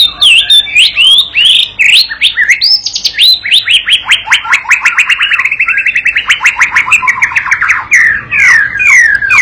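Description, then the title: White-rumped shama song, a fast stream of sharp whistled sweeps and rapid trilled notes, dense and high-pitched throughout, with almost no pauses. Lure master recording played to teach a young bird to sing energetically and prompt it to answer at once. "MURAI BATU PAUD BELAJAR GACOR, AJARI DENGAN MASTERAN PANCINGAN INI, PANCING LANGSUNG NYAUT"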